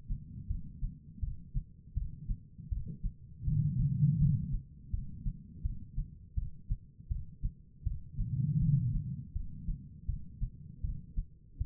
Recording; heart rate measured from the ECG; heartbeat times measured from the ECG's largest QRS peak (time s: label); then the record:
heart sounds by stethoscope; 81 bpm
0.48 s: heartbeat
1.21 s: heartbeat
1.95 s: heartbeat
2.70 s: heartbeat
3.45 s: heartbeat
4.19 s: heartbeat
4.91 s: heartbeat
5.63 s: heartbeat
6.35 s: heartbeat
7.09 s: heartbeat
7.84 s: heartbeat
8.59 s: heartbeat
9.33 s: heartbeat
10.06 s: heartbeat
10.82 s: heartbeat
11.58 s: heartbeat
From the record:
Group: healthy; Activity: rest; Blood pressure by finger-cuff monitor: 115/93 mmHg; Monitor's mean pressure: 104 mmHg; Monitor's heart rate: 82 bpm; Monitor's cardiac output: 4.7 L/min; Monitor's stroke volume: 58 mL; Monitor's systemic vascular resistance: 1610 dyn s/cm5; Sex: female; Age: 51 years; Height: 162 cm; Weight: 70.04 kg